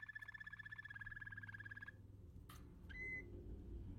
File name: canto do canario americano